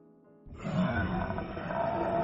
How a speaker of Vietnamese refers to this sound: Một tiếng gầm ghê rợn phát ra từ trong hang.